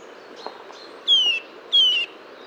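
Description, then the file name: Eurasian nuthatch calls: two loud, clear whistled notes, each sliding downward, about a third of a second apart, over a low steady background hiss. "Sitta europaea"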